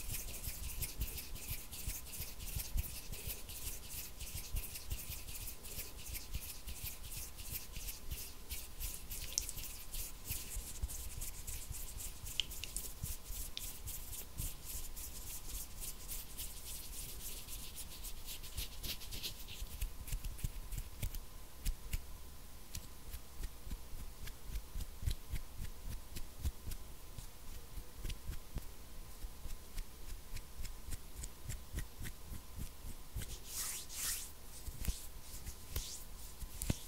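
Hand sounds fill the whole stretch: rapid rubbing and scratching strokes, dense and fairly even, with crisp bright edges that come in thick flurries early on and again near the end. A faint steady tone hums beneath throughout.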